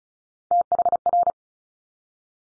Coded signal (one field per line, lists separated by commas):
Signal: Morse code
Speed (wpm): 36 wpm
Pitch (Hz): 700 Hz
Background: none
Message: THR